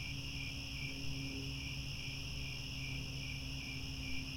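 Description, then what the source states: Crickets chirping, a continuous high pulsing trill, with a low steady hum and rumble in the background. Chorus of crickets chirping at twilight as the sun sets, with stars appearing overhead.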